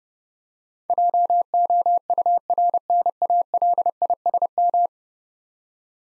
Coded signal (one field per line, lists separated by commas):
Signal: Morse code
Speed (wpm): 30 wpm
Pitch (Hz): 700 Hz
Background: none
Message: JOURNALISM